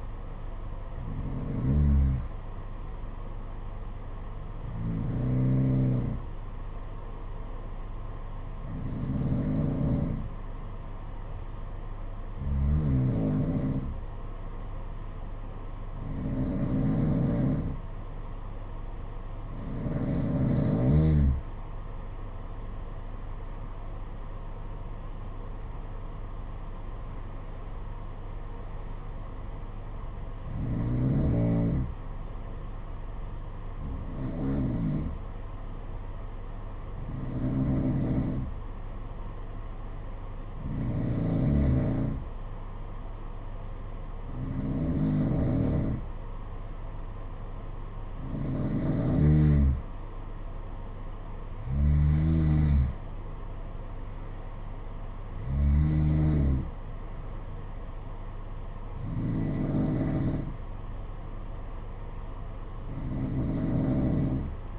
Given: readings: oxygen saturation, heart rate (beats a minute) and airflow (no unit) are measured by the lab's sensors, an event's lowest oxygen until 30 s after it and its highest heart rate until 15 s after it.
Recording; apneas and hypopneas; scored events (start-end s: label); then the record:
breathing in sleep by a smartphone at the bedside; 2
6.00-23.40 s: hypopnea (N1, oxygen 92% highest, then 90% lowest, heart rate 61 at the start, 68 highest)
36.00-54.60 s: hypopnea (N1, oxygen 93% highest, then 91% lowest, heart rate 63 at the start, 69 highest)
From the record:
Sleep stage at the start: N1 (lightest sleep); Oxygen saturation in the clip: 90 to 93%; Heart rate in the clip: 59 to 69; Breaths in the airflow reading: 18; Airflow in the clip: -7.6 to 5.8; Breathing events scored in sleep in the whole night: 476 in 9.7 hours asleep